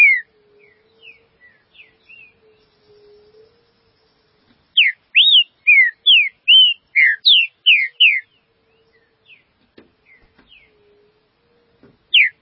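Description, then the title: Green-winged saltator song: soft scattered whistles, then a loud burst of about ten rich slurred whistled notes, a faint low steady hum underneath, and one more note at the end. "Trinca Ferro"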